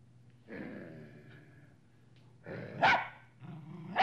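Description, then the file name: Dog makes a low rumbling, growly sound that breaks into a couple of sharp barks near the end. Medium-sized dog barking, in three variants of bark. "sobaka srednih razmerov laet 3 varianta"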